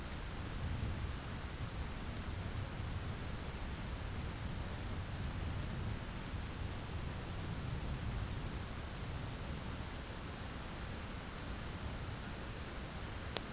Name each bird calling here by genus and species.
none